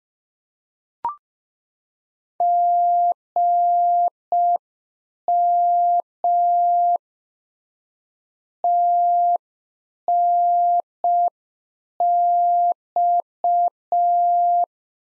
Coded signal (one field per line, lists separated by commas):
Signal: Morse code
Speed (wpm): 5 wpm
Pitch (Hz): 700 Hz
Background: none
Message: GM TNX